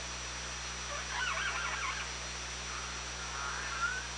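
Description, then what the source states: Orca calls, a short burst of wavering, modulated tones near the start, then a faint thin whistle near the end, over constant low hum and hiss. Recorded on the OrcaLab hydrophone, 24 August 2017 at 18:03.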